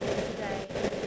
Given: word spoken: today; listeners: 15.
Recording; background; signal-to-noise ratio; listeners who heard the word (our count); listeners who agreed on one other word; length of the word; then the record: one English word in noise, from a listening test; noise modulated by three-talker babble; -7.9 dB; 1 of 15; 10 of 15; 0.67 s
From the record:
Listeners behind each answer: 10, 2, 1, 1, 1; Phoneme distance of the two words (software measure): 14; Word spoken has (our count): 2 syllables, 4 phonemes, stress on syllable 2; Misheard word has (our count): 1 syllable, 2 phonemes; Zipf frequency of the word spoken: 5.96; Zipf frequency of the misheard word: 5.99